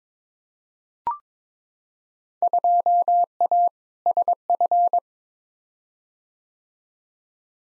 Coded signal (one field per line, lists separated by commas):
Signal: Morse code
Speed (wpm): 22 wpm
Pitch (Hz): 700 Hz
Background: none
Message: 2A SF